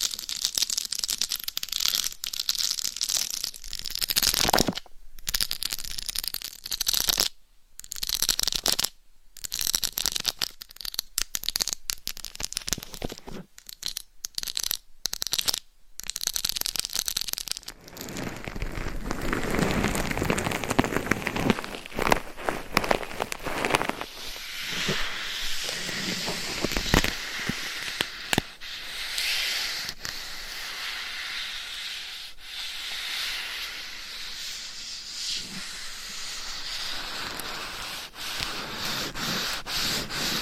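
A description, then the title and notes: Dry scratching and rubbing against a microphone, a dense gritty texture that stays bright and hissy throughout. The first fifteen seconds break up with sharp cutoffs and brief silences; after that the scraping runs more continuously, with occasional taps and soft low thumps near the middle. Binaural Mic Scratching & Tapping That Changes Every 30 Seconds.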